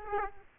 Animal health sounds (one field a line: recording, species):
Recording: mosquito wingbeat signal from an infrared sensor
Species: Aedes aegypti